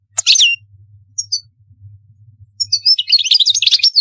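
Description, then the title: European goldfinch song: a quick twittering burst at the start, then a dense run of liquid, tinkling notes over the last second and a half, above a steady low hum. "Chant Chardonneret"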